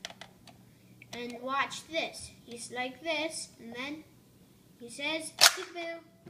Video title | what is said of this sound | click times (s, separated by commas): Wall E collection | until it clicks | 0.0 s